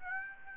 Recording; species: mosquito wingbeat signal from an infrared sensor; Aedes aegypti